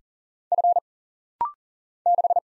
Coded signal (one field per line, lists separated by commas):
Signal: Morse code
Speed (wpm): 40 wpm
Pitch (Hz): 700 Hz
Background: none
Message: F 6